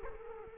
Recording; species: mosquito wingbeat signal from an infrared sensor; Culex quinquefasciatus